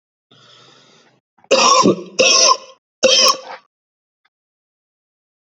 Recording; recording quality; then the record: shallow voluntary cough; excellent, no background noise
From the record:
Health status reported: healthy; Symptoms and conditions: none ticked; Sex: male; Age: 31 years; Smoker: not ticked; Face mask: not worn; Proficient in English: yes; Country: India